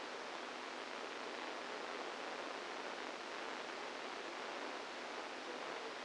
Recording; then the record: brain microelectrode recording played as sound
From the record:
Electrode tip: outside the subthalamic nucleus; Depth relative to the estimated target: 4 mm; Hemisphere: right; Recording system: NeuroSet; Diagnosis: Parkinson's disease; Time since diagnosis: 10 years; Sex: female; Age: 45 years